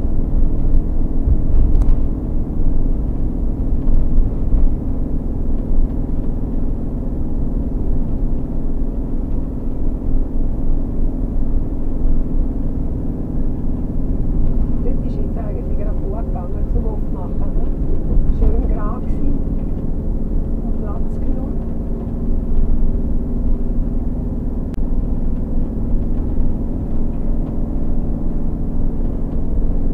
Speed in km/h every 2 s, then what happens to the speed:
42, 44, 44, 44, 44, 44, 42, 40, 40, 40, 40, 40, 42, 44, 46.
0-22 steady at about 42. 22-30 speeds up to 46.